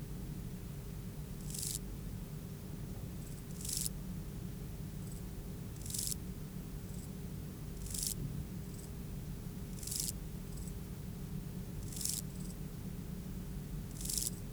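Euchorthippus pulvinatus grasshopper song: short, hissing buzzes repeated about every two seconds, seven bursts in all, over a steady low hum.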